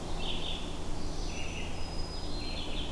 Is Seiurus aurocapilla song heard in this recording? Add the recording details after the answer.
no. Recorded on 21 June 2016 at 08:11. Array SBT-6-76